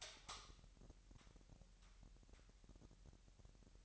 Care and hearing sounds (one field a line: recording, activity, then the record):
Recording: daily activity, microphone in the room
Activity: light on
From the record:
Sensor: 3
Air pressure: 1001.9 hPa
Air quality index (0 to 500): 244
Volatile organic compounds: 46 ppm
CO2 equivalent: 3242 ppm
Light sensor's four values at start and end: 6/13/5/5 and 12/30/13/12